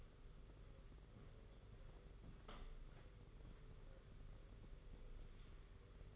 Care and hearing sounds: daily activity, microphone in the room; walk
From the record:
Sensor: 4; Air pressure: 991.5 hPa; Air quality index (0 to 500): 138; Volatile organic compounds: 56 ppm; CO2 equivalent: 3373 ppm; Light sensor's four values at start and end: 23/75/28/28 and 22/74/27/28

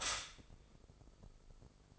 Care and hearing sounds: daily activity, microphone in the room; stop toaster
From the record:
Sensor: 5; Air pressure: 995.4 hPa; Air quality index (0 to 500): 107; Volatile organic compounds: 8 ppm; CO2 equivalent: 2063 ppm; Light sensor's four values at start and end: 35/83/33/34 and 35/83/34/34

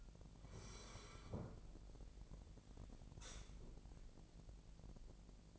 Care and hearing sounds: daily activity, microphone in the room; sit down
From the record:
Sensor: 5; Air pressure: 1001.8 hPa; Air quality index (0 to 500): 246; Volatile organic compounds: 30 ppm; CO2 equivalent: 2954 ppm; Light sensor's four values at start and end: 51/120/50/53 and 51/120/50/53

